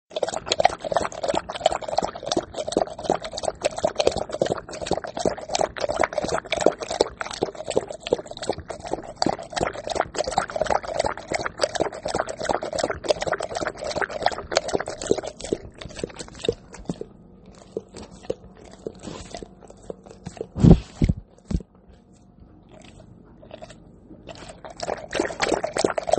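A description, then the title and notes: A puppy laps water in quick, dense, wet slurps for about fifteen seconds, then slows to sparse licks with a few thumps near twenty seconds. Thirsty Puppy Drinking Water.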